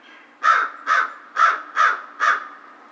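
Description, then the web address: American crow calling five loud, harsh caws in a regular rhythm, a little under half a second apart. Recorded on 2 March 2010. "Crow 2010 03 02 American Crow"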